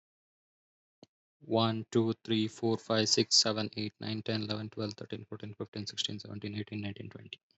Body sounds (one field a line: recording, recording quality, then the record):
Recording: counting at a fast pace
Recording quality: excellent, no background noise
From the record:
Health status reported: healthy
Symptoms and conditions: none ticked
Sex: male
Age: 26 years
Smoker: not ticked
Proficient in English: yes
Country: India